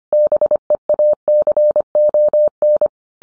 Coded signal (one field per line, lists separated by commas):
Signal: Morse code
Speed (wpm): 25 wpm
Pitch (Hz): 600 Hz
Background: none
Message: BEACON